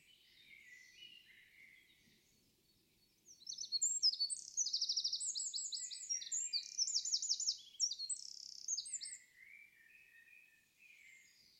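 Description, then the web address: Bird song beginning with soft twitters, then a sustained stretch of rapid high trills and buzzy phrases for about six seconds before fading to quieter chirps. "cianscape birddata Deverinetal 2025"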